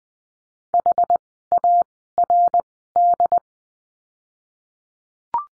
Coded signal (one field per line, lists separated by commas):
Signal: Morse code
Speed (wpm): 20 wpm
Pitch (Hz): 700 Hz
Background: none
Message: H A R D